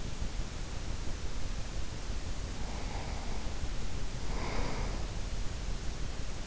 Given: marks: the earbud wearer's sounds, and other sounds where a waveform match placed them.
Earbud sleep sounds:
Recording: sounds in sleep by an in-ear microphone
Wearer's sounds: breath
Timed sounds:
1.86-5.22 s: breath

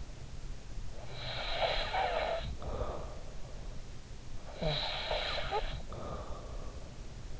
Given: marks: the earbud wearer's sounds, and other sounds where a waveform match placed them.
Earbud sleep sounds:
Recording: sounds in sleep by an in-ear microphone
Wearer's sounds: snoring breath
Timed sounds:
1.04-3.42 s: snoring breath
4.44-6.76 s: snoring breath

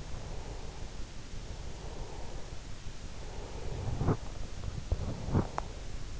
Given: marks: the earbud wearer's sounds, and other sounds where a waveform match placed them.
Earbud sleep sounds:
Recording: sounds in sleep by an in-ear microphone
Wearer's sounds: breath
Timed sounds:
0.00-2.65 s: breath
3.20-5.98 s: breath

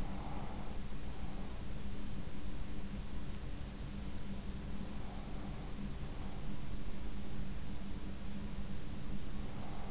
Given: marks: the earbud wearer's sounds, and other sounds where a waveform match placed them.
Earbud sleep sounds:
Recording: sounds in sleep by an in-ear microphone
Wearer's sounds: breath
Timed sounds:
0.00-0.97 s: breath

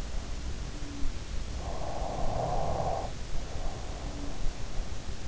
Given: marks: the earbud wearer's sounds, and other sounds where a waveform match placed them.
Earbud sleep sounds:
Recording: sounds in sleep by an in-ear microphone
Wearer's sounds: snoring breath, breath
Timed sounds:
0.74-1.21 s: snoring breath
1.31-3.94 s: breath
3.74-4.39 s: snoring breath

